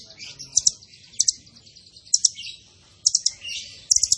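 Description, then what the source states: Zebra finch song, short sharp chips in clusters of two or three, repeated at intervals over a soft high chattering twitter. Masteran (training) recording of a zebra finch (burung tembakan) described as gacor (singing actively).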